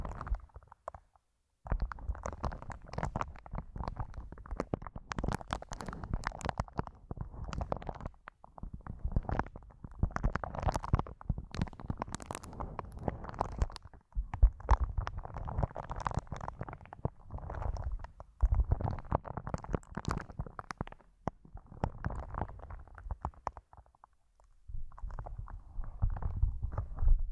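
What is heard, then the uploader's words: Muffled rubbing and massaging sounds picked up through headphones used as a microphone, dense and continuous with soft thumps and scratchy friction. The texture swells and fades in uneven bursts, with brief silent gaps near the start, around fourteen seconds, and near twenty-four seconds. ASMR using Headphones as a Mic Brain Melting Massage Triggers. (No Talking).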